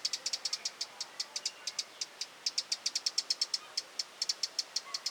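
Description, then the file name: Eurasian wren giving dry, sharp ticking calls, repeated rapidly at about six per second with slightly uneven spacing, over a quiet background. "Troglodytes troglodytes"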